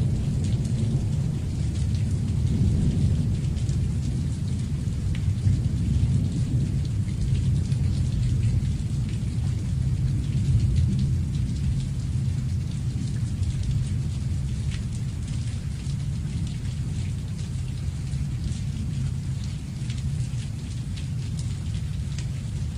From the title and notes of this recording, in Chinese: 白噪音——听，是下雨的声音（下）。